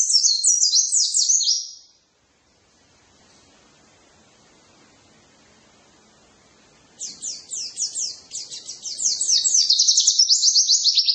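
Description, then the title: White-eye song: a burst of high rapid warbling, then several seconds of quiet, then the fast twittering chatter resumes and swells. "pleci"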